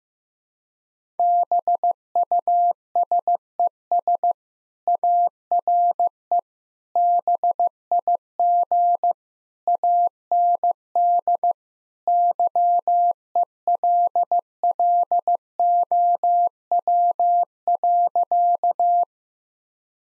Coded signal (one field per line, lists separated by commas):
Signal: Morse code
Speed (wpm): 15 wpm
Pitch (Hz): 700 Hz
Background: none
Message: BUSES ARE BIG AND YELLOW.